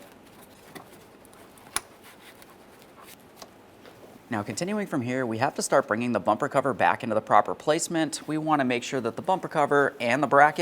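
A second wiring harness connector is pressed onto the washer pump or level sensor of a 2013-2020 Ford Fusion's windshield washer reservoir, and it seats with a sharp click at 1.8 s amid a few quieter handling taps. After about 4.3 s, someone talks.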